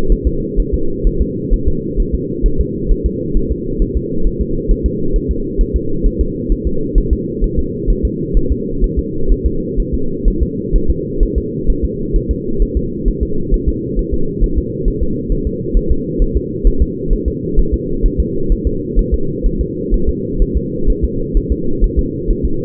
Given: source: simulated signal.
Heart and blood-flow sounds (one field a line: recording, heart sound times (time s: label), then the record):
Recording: fetal heart sounds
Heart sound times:
0.12 s: S1
0.27 s: S2
0.60 s: S1
0.74 s: S2
1.07 s: S1
1.22 s: S2
1.54 s: S1
1.68 s: S2
2.00 s: S1
2.15 s: S2
2.46 s: S1
2.61 s: S2
2.92 s: S1
3.06 s: S2
3.37 s: S1
3.52 s: S2
3.82 s: S1
3.97 s: S2
4.27 s: S1
4.42 s: S2
4.71 s: S1
4.86 s: S2
5.16 s: S1
5.31 s: S2
5.61 s: S1
5.76 s: S2
6.06 s: S1
6.21 s: S2
6.52 s: S1
6.67 s: S2
6.98 s: S1
7.13 s: S2
7.44 s: S1
7.59 s: S2
7.90 s: S1
8.05 s: S2
8.37 s: S1
8.52 s: S2
8.84 s: S1
8.99 s: S2
9.32 s: S1
9.46 s: S2
9.80 s: S1
9.94 s: S2
10.28 s: S1
10.43 s: S2
10.76 s: S1
10.90 s: S2
11.23 s: S1
11.38 s: S2
11.70 s: S1
11.84 s: S2
12.16 s: S1
12.31 s: S2
12.62 s: S1
12.77 s: S2
13.08 s: S1
13.23 s: S2
13.54 s: S1
13.69 s: S2
13.99 s: S1
14.14 s: S2
14.44 s: S1
14.58 s: S2
14.88 s: S1
15.03 s: S2
15.32 s: S1
15.47 s: S2
15.77 s: S1
15.92 s: S2
16.22 s: S1
16.37 s: S2
16.67 s: S1
16.82 s: S2
17.13 s: S1
17.28 s: S2
17.59 s: S1
17.74 s: S2
18.06 s: S1
18.20 s: S2
18.52 s: S1
18.67 s: S2
18.99 s: S1
19.14 s: S2
19.46 s: S1
19.61 s: S2
19.94 s: S1
20.09 s: S2
20.42 s: S1
20.57 s: S2
20.90 s: S1
21.04 s: S2
21.37 s: S1
21.52 s: S2
21.84 s: S1
21.99 s: S2
22.31 s: S1
22.45 s: S2
From the record:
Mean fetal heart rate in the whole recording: 130 bpm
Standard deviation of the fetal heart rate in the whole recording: 2 bpm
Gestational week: 38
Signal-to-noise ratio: -8.1 dB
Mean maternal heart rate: 72 bpm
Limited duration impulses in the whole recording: absent